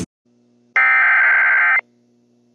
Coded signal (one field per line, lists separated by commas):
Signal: Emergency Alert System (SAME) tones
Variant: header bursts